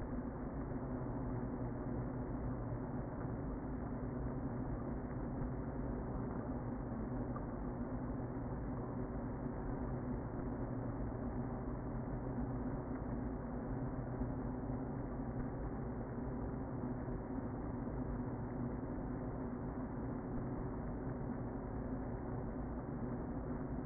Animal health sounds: honeybee colony, microphone inside the hive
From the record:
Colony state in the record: queen present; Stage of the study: before two queens were removed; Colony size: about 60,000 bees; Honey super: yes

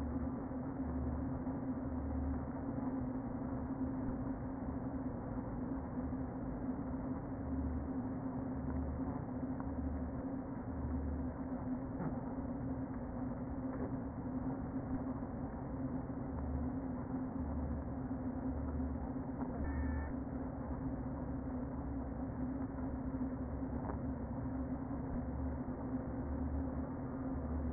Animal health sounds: honeybee colony, microphone inside the hive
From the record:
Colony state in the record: queen present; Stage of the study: before two queens were removed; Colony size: about 60,000 bees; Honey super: yes

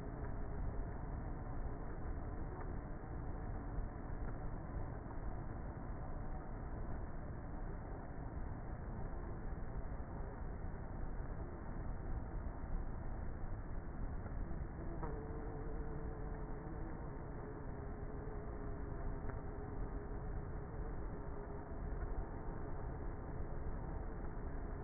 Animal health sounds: honeybee colony, microphone inside the hive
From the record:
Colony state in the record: queenless with a low population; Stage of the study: before two queens were removed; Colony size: about 30,000 bees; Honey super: no

